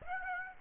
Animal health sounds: mosquito wingbeat signal from an infrared sensor; Aedes aegypti

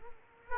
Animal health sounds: mosquito wingbeat signal from an infrared sensor; Culex quinquefasciatus

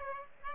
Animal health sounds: mosquito wingbeat signal from an infrared sensor; Aedes aegypti

